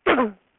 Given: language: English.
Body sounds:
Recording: throat vibration sensor signal played as sound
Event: throat clearing

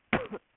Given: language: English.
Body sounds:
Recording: throat vibration sensor signal played as sound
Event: cough

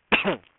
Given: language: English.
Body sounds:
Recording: throat vibration sensor signal played as sound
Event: cough

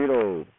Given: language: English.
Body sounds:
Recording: throat vibration sensor signal played as sound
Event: speech

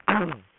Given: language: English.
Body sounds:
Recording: throat vibration sensor signal played as sound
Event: throat clearing

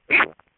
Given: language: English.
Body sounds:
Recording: throat vibration sensor signal played as sound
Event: swallow

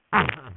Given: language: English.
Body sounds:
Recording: throat vibration sensor signal played as sound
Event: throat clearing

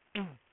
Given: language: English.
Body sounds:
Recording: throat vibration sensor signal played as sound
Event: throat clearing

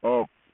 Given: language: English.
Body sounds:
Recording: throat vibration sensor signal played as sound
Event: speech

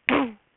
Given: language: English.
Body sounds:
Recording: throat vibration sensor signal played as sound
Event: throat clearing

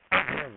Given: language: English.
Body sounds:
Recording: throat vibration sensor signal played as sound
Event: throat clearing

